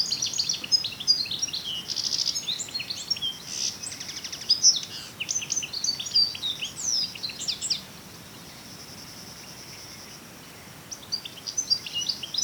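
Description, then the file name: European goldfinch giving a long, fast twittering of high tinkling and buzzy notes for about eight seconds, a pause of about three seconds, then renewed chirping. "Carduelis carduelis"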